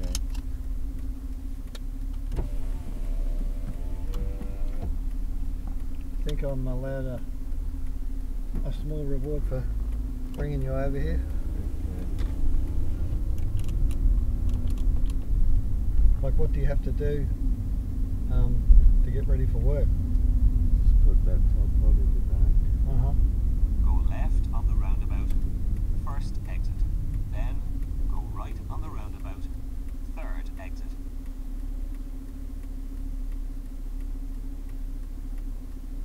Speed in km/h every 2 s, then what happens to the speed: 2, 0, 1, 0, 5, 14, 20, 24, 27, 27, 27, 26, 22, 15, 4, 0, 0, 0.
0-6 standing. 6-16 pulls away to 27. 16-21 steady at about 27. 21-29 slows to 0. 29-36 standing.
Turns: none.